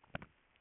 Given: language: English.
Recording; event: throat vibration sensor signal played as sound; swallow